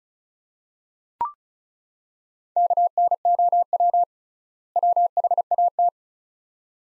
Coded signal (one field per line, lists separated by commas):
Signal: Morse code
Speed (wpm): 34 wpm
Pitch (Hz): 700 Hz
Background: none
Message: KNOW WHAT